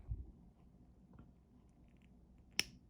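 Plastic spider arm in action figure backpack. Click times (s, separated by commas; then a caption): 2.6 s. A tightly fitted plastic spider arm is worked out of the backpack on the back of an S.H.Figuarts Iron Spider action figure. After low handling rustles, the arm comes free with a single sharp pop at 2.6 s and is released from its socket.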